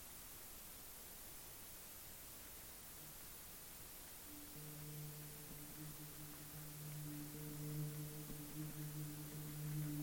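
A steady, dense hiss like rain runs the whole way through, slightly filtered and soft. From about four seconds in, a low feedback hum rises underneath with a few stacked tones above it, growing louder and wavering slightly toward the end.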